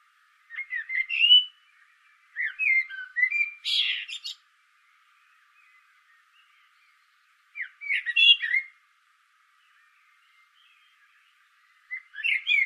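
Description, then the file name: Common blackbird song: several short fluty warbled phrases, some ending in a high squeaky twitter, separated by pauses. "Turdus merula"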